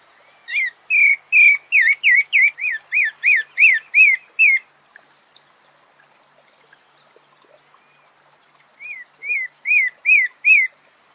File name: Canto do Sabia barranco